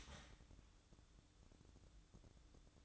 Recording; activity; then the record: daily activity, microphone in the room; start toaster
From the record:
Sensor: 3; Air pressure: 1007.2 hPa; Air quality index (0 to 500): 56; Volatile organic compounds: 1 ppm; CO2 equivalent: 598 ppm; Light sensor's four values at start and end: 7/17/7/7 and 7/17/7/7